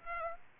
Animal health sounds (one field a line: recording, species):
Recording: mosquito wingbeat signal from an infrared sensor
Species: Aedes aegypti